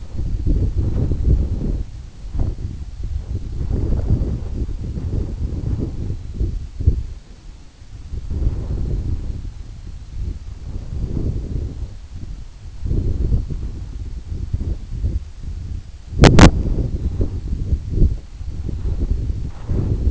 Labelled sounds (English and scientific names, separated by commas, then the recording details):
none
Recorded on Arctic tundra, site EABA-1, on 27 June 2018
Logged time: 12:00